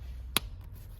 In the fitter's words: oturuyorsun basıyoruz tık